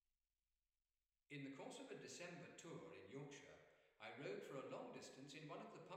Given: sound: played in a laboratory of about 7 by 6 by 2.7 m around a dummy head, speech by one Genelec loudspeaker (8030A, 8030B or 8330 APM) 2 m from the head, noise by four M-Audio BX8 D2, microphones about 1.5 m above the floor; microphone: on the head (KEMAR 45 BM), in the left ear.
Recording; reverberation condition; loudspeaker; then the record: male speech in English; high; 60 degrees to the left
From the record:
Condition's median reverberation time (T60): about 1300 ms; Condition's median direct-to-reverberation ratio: about -4.0 dB